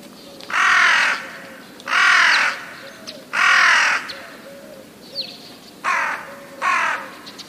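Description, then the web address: Rook giving harsh, grating caws, three loud ones about a second apart, then a short gap and two more slightly softer caws. "wroblowe ptaki gawron"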